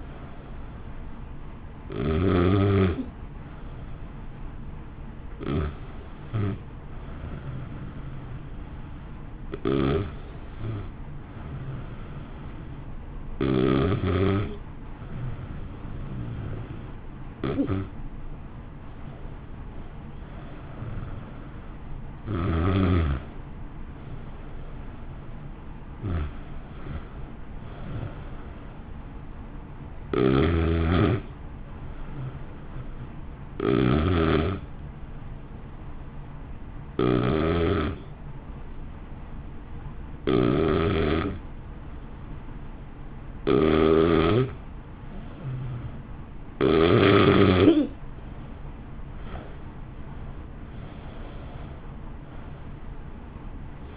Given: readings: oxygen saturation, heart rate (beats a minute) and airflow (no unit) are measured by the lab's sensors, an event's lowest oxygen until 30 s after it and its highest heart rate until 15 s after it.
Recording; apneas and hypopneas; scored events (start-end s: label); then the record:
breathing in sleep by a smartphone at the bedside; 2
5.00-19.00 s: hypopnea (N1, oxygen 93% highest, then 90% lowest, heart rate 59 at the start, 60 highest)
33.00-48.40 s: hypopnea (N1, oxygen 93% highest, then 84% lowest, heart rate 56 at the start, 61 highest)
From the record:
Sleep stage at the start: N1 (lightest sleep); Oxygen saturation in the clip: 87 to 93%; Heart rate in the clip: 55 to 62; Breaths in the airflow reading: 17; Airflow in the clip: -1.1 to 1.4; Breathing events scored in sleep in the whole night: 328 in 6.3 hours asleep